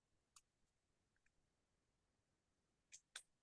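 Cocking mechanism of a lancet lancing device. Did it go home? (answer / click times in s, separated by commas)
yes / 3.2 s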